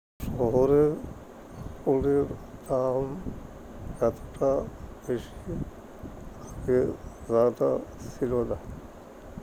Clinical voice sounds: elicited speech; Bengali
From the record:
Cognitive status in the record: dementia

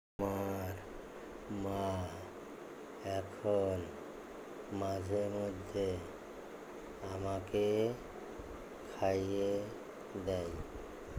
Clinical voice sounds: elicited speech; Bengali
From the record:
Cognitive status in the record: dementia

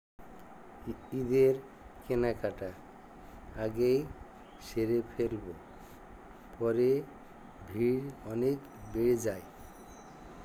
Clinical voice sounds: elicited speech; Bengali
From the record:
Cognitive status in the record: dementia

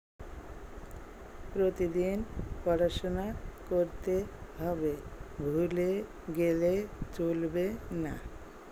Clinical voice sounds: elicited speech; Bengali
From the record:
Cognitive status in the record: dementia

